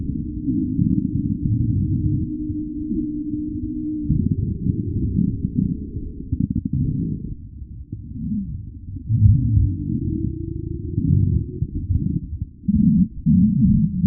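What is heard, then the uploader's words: Gentle bubbling, heavily muffled and deep, as if heard through water, with no bright or sharp edges. The murmur runs almost continuously, swelling and thinning in uneven pulses, with brief lulls near eight seconds and again just before thirteen. Underwater Bubble Natural Sounds. Gentle, rhythmic bubbles.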